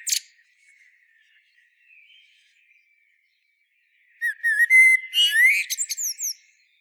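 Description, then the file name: Common blackbird calls, a sharp note, then a quiet gap before a run of squeaky, buzzy twitters and slurred high whistles near the end. "Turdus merula"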